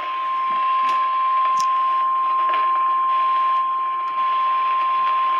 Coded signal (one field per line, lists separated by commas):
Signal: Emergency Alert System (SAME) tones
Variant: 1050 Hz attention tone